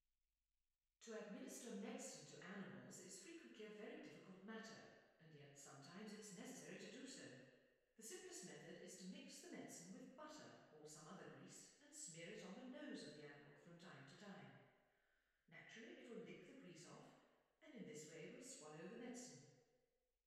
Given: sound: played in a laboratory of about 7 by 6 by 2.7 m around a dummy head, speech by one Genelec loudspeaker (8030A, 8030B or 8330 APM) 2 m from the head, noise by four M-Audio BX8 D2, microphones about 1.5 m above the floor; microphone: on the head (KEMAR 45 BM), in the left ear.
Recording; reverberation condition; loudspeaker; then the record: female speech in English; high; 90 degrees to the right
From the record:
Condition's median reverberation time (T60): about 1300 ms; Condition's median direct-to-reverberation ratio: about -4.0 dB